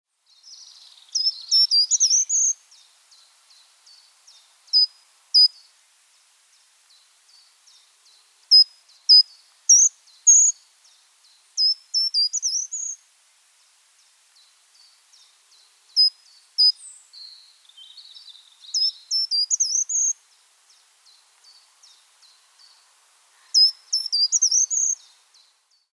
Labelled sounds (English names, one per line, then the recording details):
Short-toed Treecreeper
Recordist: Tretzel, Erwin
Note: Rufe und Gesang